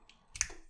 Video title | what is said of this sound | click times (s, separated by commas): Nemesis Reviews Transformers Legacy Crankcase | and we got this folded down right I'll just kind of Click into place right there | 0.4 s